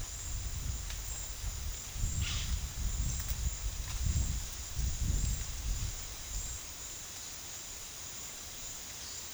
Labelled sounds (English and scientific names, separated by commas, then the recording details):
none
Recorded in secondary vegetation near Puerto Asís, Putumayo, Colombia, on 24 June 2025 at 12:30
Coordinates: 0.498, -76.327
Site GP09